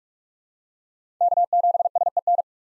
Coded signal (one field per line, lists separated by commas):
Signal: Morse code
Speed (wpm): 44 wpm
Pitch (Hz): 700 Hz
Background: none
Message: K7SEN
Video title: 2023 POTA Hunter Call Signs - 45wpm